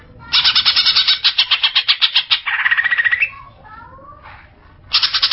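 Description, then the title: Greater green leafbird song: rapid buzzy chattering that shifts to a quicker, lower trill, a soft pause, then renewed harsh notes. Singing of a bird described as a champion songbird. "Kicau Burung Cucak Ijo Juara"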